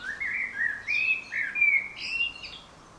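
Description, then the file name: Common blackbird song phrase: a run of mellow fluted notes sliding up and down, then a brief, higher squeaky twitter to finish. "Turdus merula"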